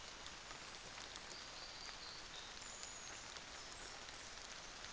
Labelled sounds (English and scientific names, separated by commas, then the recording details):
New Zealand Fantail (Rhipidura fuliginosa)
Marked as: faintness 4/5
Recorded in New Zealand on 24 December 2018
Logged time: 06:00